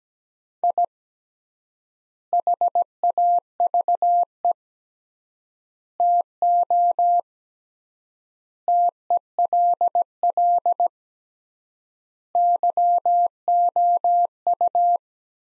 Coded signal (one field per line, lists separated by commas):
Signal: Morse code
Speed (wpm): 17 wpm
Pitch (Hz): 700 Hz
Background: none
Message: I HAVE TO TELL YOU